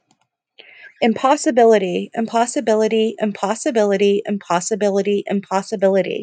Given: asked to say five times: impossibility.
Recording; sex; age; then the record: repeated word; female; 30 to 39 years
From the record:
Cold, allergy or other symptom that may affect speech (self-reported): no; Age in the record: 38 years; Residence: Massachusetts, United States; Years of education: 14